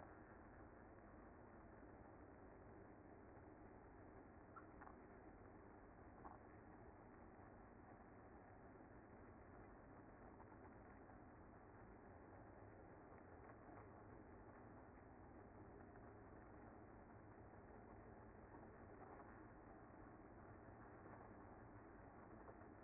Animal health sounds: honeybee colony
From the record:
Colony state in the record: active

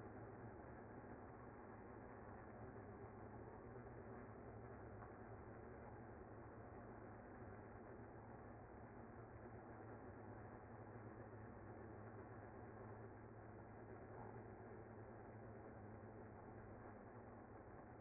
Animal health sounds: honeybee colony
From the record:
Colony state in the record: active

